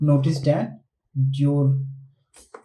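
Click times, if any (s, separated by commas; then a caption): 2.6 s. A display cable connector is pushed into the port on the back of a Wacom Cintiq 16 pen display while someone talks. A single short, sharp click at 2.5 s shows that the connector has seated and is connected.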